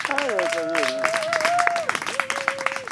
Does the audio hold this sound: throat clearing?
no